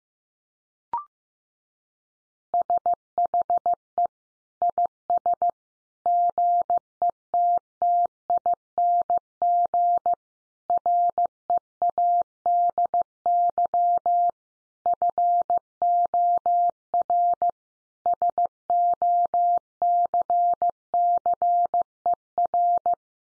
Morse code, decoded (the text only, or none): SHE IS GETTING READY FOR SOCCER